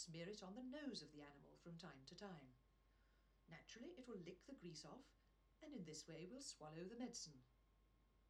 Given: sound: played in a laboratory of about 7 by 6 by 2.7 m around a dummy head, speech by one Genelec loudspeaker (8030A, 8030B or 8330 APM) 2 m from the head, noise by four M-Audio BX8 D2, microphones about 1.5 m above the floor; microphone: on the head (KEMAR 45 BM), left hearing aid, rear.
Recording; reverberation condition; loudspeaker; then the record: female speech in English; low; 150 degrees to the left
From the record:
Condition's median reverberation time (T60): about 310 ms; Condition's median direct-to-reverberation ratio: about 3.5 dB